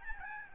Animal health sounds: mosquito wingbeat signal from an infrared sensor; Aedes albopictus

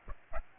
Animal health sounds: mosquito wingbeat signal from an infrared sensor; Aedes aegypti

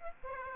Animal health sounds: mosquito wingbeat signal from an infrared sensor; Aedes aegypti

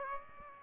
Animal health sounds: mosquito wingbeat signal from an infrared sensor; Aedes aegypti

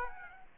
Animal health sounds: mosquito wingbeat signal from an infrared sensor; Aedes aegypti

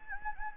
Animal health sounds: mosquito wingbeat signal from an infrared sensor; Anopheles gambiae

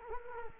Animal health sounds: mosquito wingbeat signal from an infrared sensor; Culex quinquefasciatus

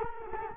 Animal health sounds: mosquito wingbeat signal from an infrared sensor; Culex quinquefasciatus

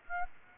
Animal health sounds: mosquito wingbeat signal from an infrared sensor; Aedes aegypti

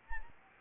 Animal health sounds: mosquito wingbeat signal from an infrared sensor; Anopheles gambiae

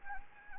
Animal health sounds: mosquito wingbeat signal from an infrared sensor; Anopheles gambiae

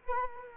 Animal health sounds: mosquito wingbeat signal from an infrared sensor; Culex quinquefasciatus

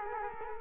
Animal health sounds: mosquito wingbeat signal from an infrared sensor; Culex quinquefasciatus

